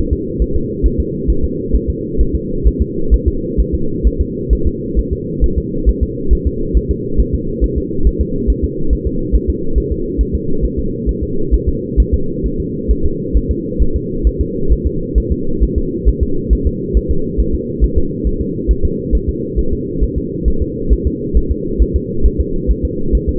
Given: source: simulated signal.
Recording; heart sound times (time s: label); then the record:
fetal heart sounds
0.13 s: S2
0.42 s: S1
0.56 s: S2
0.86 s: S1
1.00 s: S2
1.30 s: S1
1.44 s: S2
1.75 s: S1
1.90 s: S2
2.21 s: S1
2.35 s: S2
2.67 s: S1
2.82 s: S2
3.14 s: S1
3.28 s: S2
3.60 s: S1
3.75 s: S2
4.07 s: S1
4.21 s: S2
4.53 s: S1
4.67 s: S2
4.99 s: S1
5.13 s: S2
5.44 s: S1
5.58 s: S2
5.89 s: S1
6.03 s: S2
6.33 s: S1
6.47 s: S2
6.77 s: S1
6.91 s: S2
7.20 s: S1
7.35 s: S2
7.64 s: S1
7.78 s: S2
8.07 s: S1
8.21 s: S2
8.50 s: S1
8.64 s: S2
8.93 s: S1
9.07 s: S2
9.36 s: S1
9.50 s: S2
9.78 s: S1
9.92 s: S2
10.21 s: S1
10.35 s: S2
10.65 s: S1
10.79 s: S2
11.09 s: S1
11.23 s: S2
11.54 s: S1
11.69 s: S2
12.00 s: S1
12.14 s: S2
12.46 s: S1
12.60 s: S2
12.91 s: S1
13.06 s: S2
13.37 s: S1
13.51 s: S2
13.82 s: S1
13.96 s: S2
14.27 s: S1
14.41 s: S2
14.72 s: S1
14.87 s: S2
15.18 s: S1
15.32 s: S2
15.63 s: S1
15.78 s: S2
16.09 s: S1
16.23 s: S2
16.53 s: S1
16.67 s: S2
16.97 s: S1
17.11 s: S2
17.40 s: S1
17.55 s: S2
17.84 s: S1
17.98 s: S2
18.27 s: S1
18.41 s: S2
18.71 s: S1
18.85 s: S2
19.15 s: S1
19.29 s: S2
19.59 s: S1
19.73 s: S2
20.03 s: S1
20.18 s: S2
20.48 s: S1
20.62 s: S2
20.93 s: S1
21.07 s: S2
21.37 s: S1
21.51 s: S2
21.82 s: S1
21.96 s: S2
22.26 s: S1
22.41 s: S2
22.71 s: S1
22.85 s: S2
23.15 s: S1
23.29 s: S2
From the record:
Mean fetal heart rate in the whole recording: 135 bpm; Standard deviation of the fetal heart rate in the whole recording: 3 bpm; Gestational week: 34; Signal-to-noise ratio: -8.1 dB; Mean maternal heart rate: 72 bpm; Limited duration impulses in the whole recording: absent